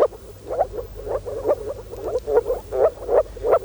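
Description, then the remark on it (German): Moor frogs calling in a steady chorus, soft low bubbling notes repeating about twice a second, each call a short cluster of muffled pulses with no voices. “Das hier sind Moorfrösche.”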